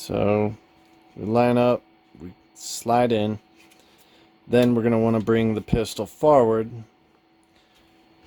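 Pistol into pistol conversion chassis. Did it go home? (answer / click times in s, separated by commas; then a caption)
no / none. A pistol is lined up, slid in and brought forward into a pistol conversion chassis while someone talks, with a faint steady hum in the background. The clip stops before the pistol goes home, so nothing has seated or clicked yet.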